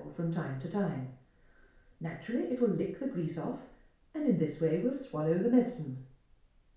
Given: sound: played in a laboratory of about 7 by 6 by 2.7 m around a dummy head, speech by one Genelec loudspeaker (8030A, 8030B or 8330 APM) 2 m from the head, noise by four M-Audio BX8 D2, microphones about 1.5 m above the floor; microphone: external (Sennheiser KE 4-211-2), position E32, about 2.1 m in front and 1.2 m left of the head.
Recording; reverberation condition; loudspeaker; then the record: female speech in English; medium; in front (0 degrees)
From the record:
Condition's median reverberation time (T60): about 510 ms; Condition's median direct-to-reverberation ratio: about -0.5 dB